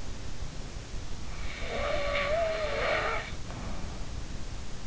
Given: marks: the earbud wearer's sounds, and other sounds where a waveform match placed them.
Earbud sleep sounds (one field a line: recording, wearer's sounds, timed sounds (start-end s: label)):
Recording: sounds in sleep by an in-ear microphone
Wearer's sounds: snoring breath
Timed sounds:
1.53-4.08 s: snoring breath